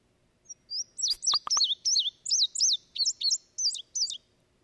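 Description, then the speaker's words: Indigo Bunting song: a bright, high series of sharp paired notes sweeping up and down, lasting about four seconds, with a few brief clicks near the start. Played recording; song of double notes going up and down, slightly bubbly, sung actively late May through June, heard throughout summer; song is the best way to find this well-camouflaged bird. "And so the song of the indigo bunting is really the best giveaway as we get into late May through June."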